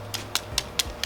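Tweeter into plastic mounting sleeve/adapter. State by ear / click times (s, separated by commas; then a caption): not seated / none. A replacement car-audio tweeter is handled against its plastic mounting sleeve in a Honda CR-V, producing a series of short, bright ticks and taps at about 0.1, 0.4, 0.6, 0.8 and 1.0 seconds, the sharpest near 0.8 seconds. The tweeter has not seated or clicked into the sleeve yet.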